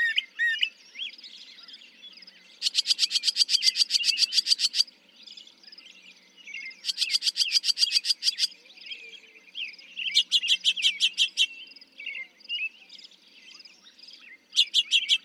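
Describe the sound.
Northern mockingbird song: bursts of rapid, evenly repeated sharp notes, several such runs separated by varied phrases.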